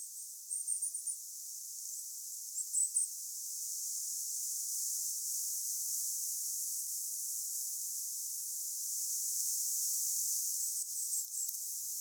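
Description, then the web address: Goldcrest calls: short bursts of very high, thin, rapid notes near the start and again around three seconds, then fainter ones near the end, over steady hiss. Goldcrests calling on Vähä saari island, 26 September 2024. "paivat 26 9 2024 vahan saaressa olleiden hippiaisten aantelya"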